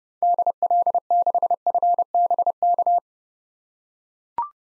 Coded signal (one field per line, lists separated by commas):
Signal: Morse code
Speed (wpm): 31 wpm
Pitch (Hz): 700 Hz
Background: none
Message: DL6FBK